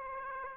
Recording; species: mosquito wingbeat signal from an infrared sensor; Aedes aegypti